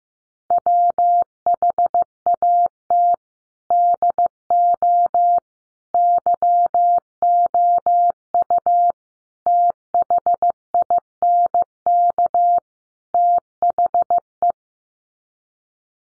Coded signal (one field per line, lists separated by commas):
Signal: Morse code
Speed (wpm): 15 wpm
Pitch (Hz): 700 Hz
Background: none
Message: WHAT DO YOU THINK THE